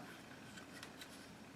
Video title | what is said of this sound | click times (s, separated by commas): 6 Budget Mods GSG-16. Hack&Mod . Moving stock locking latch. Not pimp | you heard a snap you can actually now remove the stock | 0.8 s